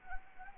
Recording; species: mosquito wingbeat signal from an infrared sensor; Anopheles arabiensis